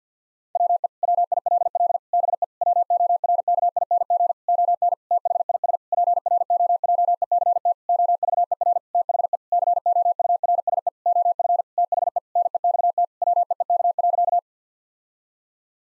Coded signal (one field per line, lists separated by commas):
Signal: Morse code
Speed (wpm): 50 wpm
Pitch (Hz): 700 Hz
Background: none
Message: WE WILL BE WORKING ON THIS PROJECT OVER THE COURSE OF THE NEXT WEEK.